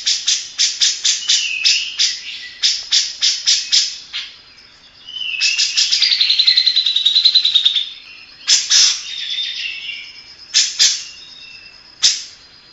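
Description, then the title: Grey-cheeked bulbul song: rapid runs of harsh, rasping notes, then a long scratchy warbled phrase with whistled slurs, followed by scattered chattering bursts. Long-duration masteran tutor recording for training captive songbirds. "Cucak Jenggot Masteran"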